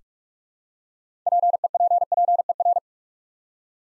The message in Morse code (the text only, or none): PEPPER